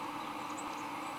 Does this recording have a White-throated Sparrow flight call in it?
no